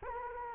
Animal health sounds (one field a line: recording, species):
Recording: mosquito wingbeat signal from an infrared sensor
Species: Anopheles arabiensis